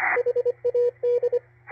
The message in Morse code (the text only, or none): HAD